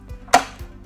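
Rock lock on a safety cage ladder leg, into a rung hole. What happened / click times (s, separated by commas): The ladder lock snapped into place / 0.4 s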